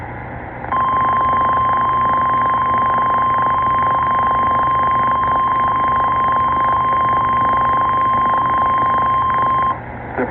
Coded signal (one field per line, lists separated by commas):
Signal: Emergency Alert System (SAME) tones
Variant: 1050 Hz attention tone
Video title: Required Weekly Test EAS 113-114